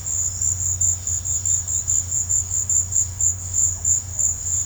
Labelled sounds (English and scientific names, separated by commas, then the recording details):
none
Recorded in pastures near Puerto Asís, Putumayo, Colombia, on 15 December 2024 at 15:30
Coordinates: 0.502, -76.324
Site G077